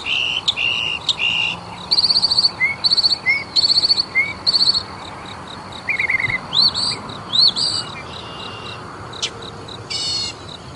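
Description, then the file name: Mockingbird song, a medley of clipped whistles, rising notes and buzzy phrases, each repeated two or three times before switching. "mockingbird omkicau"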